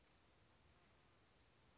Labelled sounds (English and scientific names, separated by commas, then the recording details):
Western Flycatcher (Empidonax difficilis)
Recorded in Sonoma County, California